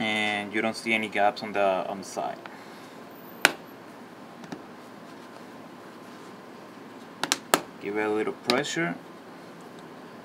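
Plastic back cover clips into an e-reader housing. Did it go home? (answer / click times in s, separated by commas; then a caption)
yes / 3.4 s, 7.3 s, 7.5 s. The plastic back cover of an Amazon Kindle e-reader is pressed back onto its housing with a little pressure around the remaining edges while someone talks. Sharp snaps are heard at 3.5 s, 7.3 s and 7.5 s as the remaining clips seat into place.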